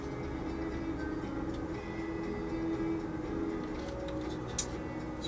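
A plastic interior part is pressed by hand into the body of a 1/25 scale AMT 2021 Ford Bronco model car over a steady low background noise. A single sharp click at 4.6 s marks the front of the part seating, but the rear does not go in.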